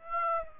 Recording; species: mosquito wingbeat signal from an infrared sensor; Aedes aegypti